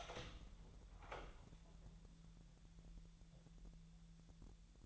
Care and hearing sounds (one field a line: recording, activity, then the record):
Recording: daily activity, microphone in the room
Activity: open door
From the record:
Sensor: 3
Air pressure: 1001.3 hPa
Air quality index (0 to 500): 249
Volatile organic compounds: 166 ppm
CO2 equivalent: 4090 ppm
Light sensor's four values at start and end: 13/30/12/12 and 13/30/13/13